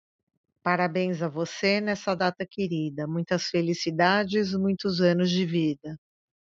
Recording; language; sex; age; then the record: short text; Brazilian Portuguese; female; 50 to 59 years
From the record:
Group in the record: control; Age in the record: 52 years